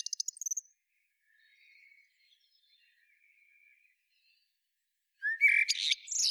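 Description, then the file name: Eurasian blackbird with a brief high twitter, then quiet subdued warbling, and finally a loud phrase of fluty notes topped by squeaky high twittering. "Turdus merula"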